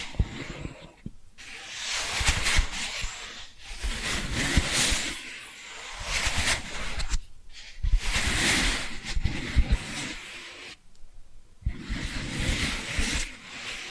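Tapping and scratching sounds run in a steady, busy texture, with dense raspy scraping broken by brief quiet gaps near one, seven-and-a-half and eleven seconds. Quick soft taps and clicks sit underneath, and a faint hiss lingers through the quieter stretches.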